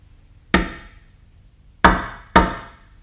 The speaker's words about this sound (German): Wer klopft? Ein Edelmann. Nichts mehr? Ja, einer Edeldame Sohn.